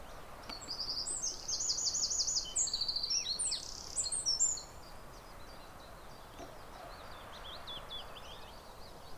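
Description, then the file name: Eurasian wren song, a quick high series of rattling trills and twitters for about four seconds, then steady background noise with only faint notes. "Troglodytes troglodytes"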